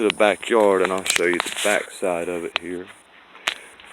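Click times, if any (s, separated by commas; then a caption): 3.5 s. Someone talks for about three seconds, then a fence gate latch releases from its keeper with a single sharp, short click at 3.5 seconds as the gate is opened. The latch comes free and the gate is open.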